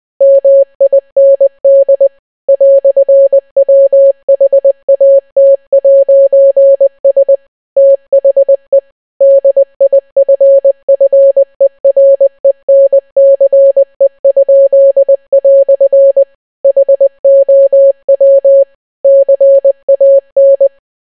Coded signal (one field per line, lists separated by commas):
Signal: Morse code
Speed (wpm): 20 wpm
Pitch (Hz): 550 Hz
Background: none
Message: MIND "WHAT'S THE DIFFERENCE?" HOW CAN